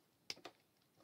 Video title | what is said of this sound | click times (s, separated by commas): Transformers AOE voyager class Autobot Hound review | I mean a little tab right here and then the little slot right here then bring it up until it clicks | 0.3 s